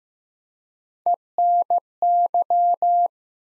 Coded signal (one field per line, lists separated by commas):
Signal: Morse code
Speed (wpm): 15 wpm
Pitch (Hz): 700 Hz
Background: none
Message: ENY